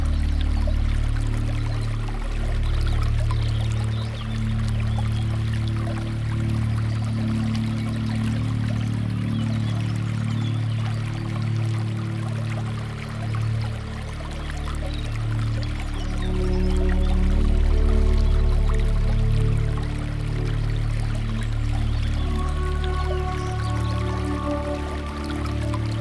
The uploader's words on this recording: Water running through the garden is calming.